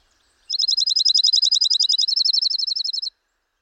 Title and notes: J. Drew Lanham. Dark-eyed Junco